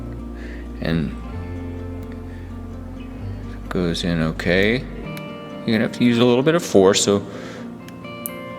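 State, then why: Seated. A crimped wire terminal is pushed with some force into slot one of a white plastic connector header while someone talks over quiet music. A small, tiny snap at 8.3 seconds marks the terminal's locking tab engaging, seating it in the header.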